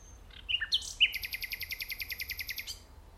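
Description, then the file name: Common nightingale song: a few sharp whistled notes, then a rapid, even trill of high pulsed notes lasting about one and a half seconds. "Luscinia megarhynchos"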